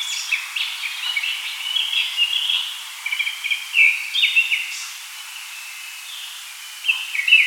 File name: Turdus cardis